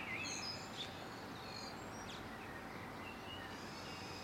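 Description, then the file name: Birds chirping, with a few bright whistled notes early on and softer twitters later, against a continuous noisy background. Residential area in the morning. "Surroundresidentialmorningbirds"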